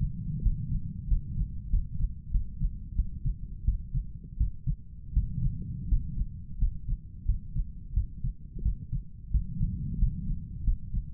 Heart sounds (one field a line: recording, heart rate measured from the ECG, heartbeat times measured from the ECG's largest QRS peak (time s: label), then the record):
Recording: heart sounds by stethoscope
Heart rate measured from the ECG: 88 bpm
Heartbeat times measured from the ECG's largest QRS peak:
0.42 s: heartbeat
1.08 s: heartbeat
1.70 s: heartbeat
2.31 s: heartbeat
2.95 s: heartbeat
3.64 s: heartbeat
4.37 s: heartbeat
5.13 s: heartbeat
5.88 s: heartbeat
6.58 s: heartbeat
7.25 s: heartbeat
7.93 s: heartbeat
8.62 s: heartbeat
9.31 s: heartbeat
9.98 s: heartbeat
10.64 s: heartbeat
From the record:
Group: healthy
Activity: rest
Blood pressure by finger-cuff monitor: 99/55 mmHg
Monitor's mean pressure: 66 mmHg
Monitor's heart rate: 88 bpm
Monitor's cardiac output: 8.1 L/min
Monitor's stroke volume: 95 mL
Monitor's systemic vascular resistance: 580 dyn s/cm5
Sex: male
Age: 23 years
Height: 179 cm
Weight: 87 kg